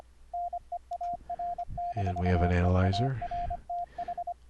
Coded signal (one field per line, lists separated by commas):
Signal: Morse code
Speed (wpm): 25 wpm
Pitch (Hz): 700 Hz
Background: speech, radio noise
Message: NEAR-EARTH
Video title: Morse Code QSO over the internet - software setup - config 14 - 3 reapers 3 virtual cables